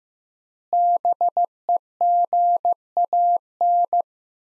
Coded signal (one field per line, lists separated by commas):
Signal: Morse code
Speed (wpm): 15 wpm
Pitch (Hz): 700 Hz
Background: none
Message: BEGAN